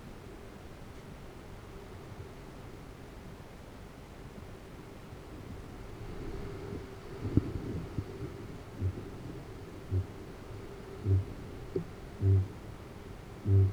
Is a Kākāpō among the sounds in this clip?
yes